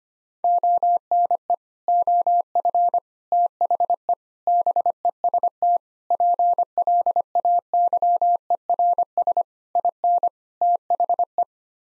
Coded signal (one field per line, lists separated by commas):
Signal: Morse code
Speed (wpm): 25 wpm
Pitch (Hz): 700 Hz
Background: none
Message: ONE OF THE BEST PLAYERS IN THE